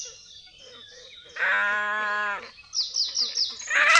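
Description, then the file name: Great crested grebe giving a nasal, moaning, bleat-like call about one second long, followed by a run of thin, falling whistled notes and a harsh burst at the end. "perkozdwuczuby"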